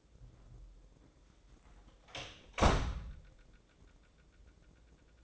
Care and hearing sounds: daily activity, microphone in the room; close door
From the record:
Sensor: 3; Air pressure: 1012.3 hPa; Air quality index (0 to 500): 181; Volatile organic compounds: 3 ppm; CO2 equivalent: 1382 ppm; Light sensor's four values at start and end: 564/1402/579/596 and 562/1398/577/594

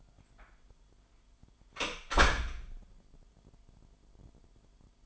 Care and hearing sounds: daily activity, microphone in the room; close door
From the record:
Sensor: 5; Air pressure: 998.5 hPa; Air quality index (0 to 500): 81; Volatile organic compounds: 1 ppm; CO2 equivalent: 923 ppm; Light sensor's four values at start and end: 33/80/33/37 and 33/80/33/36

